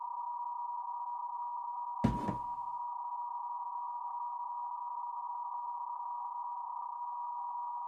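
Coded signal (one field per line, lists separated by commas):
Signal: PSK31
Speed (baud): 31.25 baud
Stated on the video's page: BPSK31 worked with a Yaesu FTDX10 transceiver via Ham Radio Deluxe.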